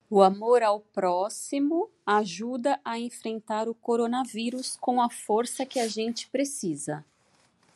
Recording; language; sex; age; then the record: spoken sentence; Brazilian Portuguese; female; 40 to 49 years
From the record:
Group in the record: control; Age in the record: 43 years